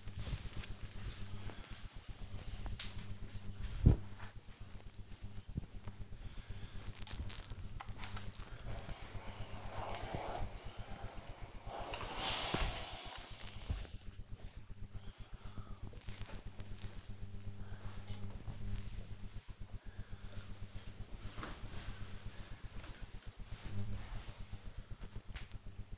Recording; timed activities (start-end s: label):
household activities, microphone on the right wrist
0.00-17.48 s: ironing laundry